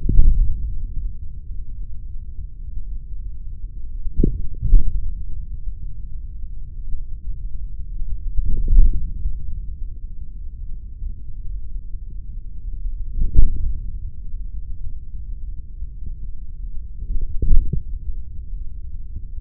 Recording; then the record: forearm muscle sounds (acoustic myography)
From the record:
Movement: hand closing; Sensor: system 3, bracelet of six PUI Audio POM-2738L microphones around the upper forearm, with dedicated amplification and filtering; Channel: 2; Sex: male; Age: 56 years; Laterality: right